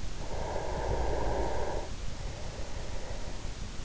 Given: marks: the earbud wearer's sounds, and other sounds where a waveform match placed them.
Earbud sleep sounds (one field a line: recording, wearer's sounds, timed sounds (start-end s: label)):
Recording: sounds in sleep by an in-ear microphone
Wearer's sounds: breath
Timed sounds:
0.11-3.85 s: breath